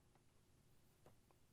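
A new Whirlpool/KitchenAid/Maytag washer water level switch (kit W10339251) is being handled as it is lowered into the plastic control console and rotated clockwise so its plastic locking tab will snap into place. Only a few faint light ticks at about 0.2, 1.1 and 1.3 s are heard over a quiet, low background hum. Nothing has seated or clicked yet.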